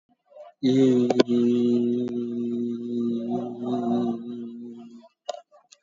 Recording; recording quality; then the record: sustained vowel as in beet; excellent, no background noise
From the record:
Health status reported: exposed to COVID-19, no respiratory illness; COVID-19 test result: negative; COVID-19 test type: RT-PCR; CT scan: taken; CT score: 2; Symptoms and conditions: cough, cold, diabetes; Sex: male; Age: 46 years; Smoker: no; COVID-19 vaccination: one dose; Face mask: worn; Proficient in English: yes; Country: India